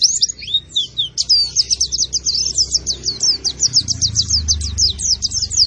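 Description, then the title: White-eye song with quick, evenly repeated high notes forming a sustained twittering trill, over quiet low background noise. Vigorously singing ('gacor') bird, said to be fed only banana and given no doping. "Pleci Gacor Tanpa Doping Hanya Pake Pisang"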